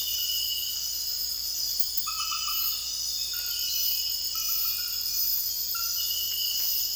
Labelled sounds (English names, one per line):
none